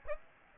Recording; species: mosquito wingbeat signal from an infrared sensor; Aedes aegypti